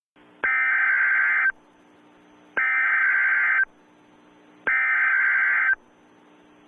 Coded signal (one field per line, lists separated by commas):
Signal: Emergency Alert System (SAME) tones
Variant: header bursts